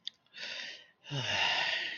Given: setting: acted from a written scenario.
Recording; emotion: vocal sound without words; relief